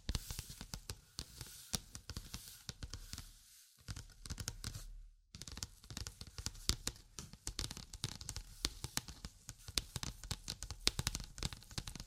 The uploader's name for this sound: Tapping, Scratching, Tracing and Panning